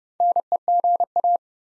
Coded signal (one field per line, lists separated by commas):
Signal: Morse code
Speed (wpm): 30 wpm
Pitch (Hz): 700 Hz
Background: none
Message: NEGA